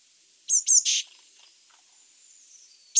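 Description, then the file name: Eurasian blue tit giving one phrase of two high thin notes and a buzzy churr, then another note begins at the end. "Cyanistes caeruleus"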